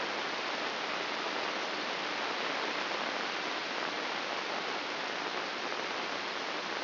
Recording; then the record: brain microelectrode recording played as sound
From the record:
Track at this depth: inside the subthalamic nucleus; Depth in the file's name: 5.861 mm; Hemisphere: left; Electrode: 3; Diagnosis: Parkinson's disease